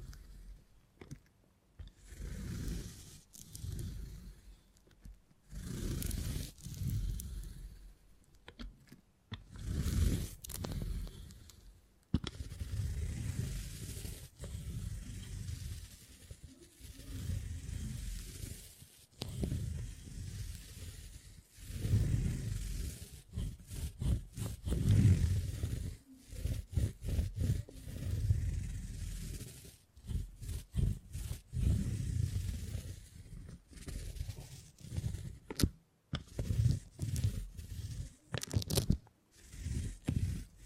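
Beeswax being handled, squeezed and rubbed in a continuous run of soft scraping, tearing and rubbing sounds. The texture is mostly low and muffled with brighter crackles, in bursts of a few seconds broken by brief silent gaps throughout.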